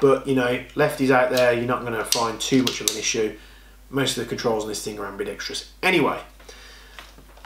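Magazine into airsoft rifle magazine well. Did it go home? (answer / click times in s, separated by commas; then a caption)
yes / 7.0 s. Someone talks while a magazine is inserted into the magazine well of a Classic Army Nemesis Gen2 LS12 airsoft rifle. The magazine latches with a single sharp click at 7.0 s, seating with a good, firm click.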